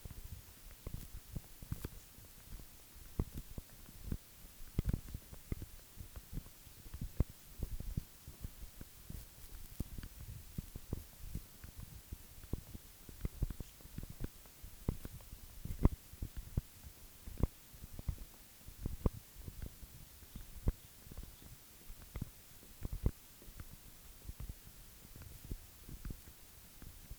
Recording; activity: daily activity, guitar pickup as the sensor; run